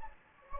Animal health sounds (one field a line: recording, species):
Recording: mosquito wingbeat signal from an infrared sensor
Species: Anopheles gambiae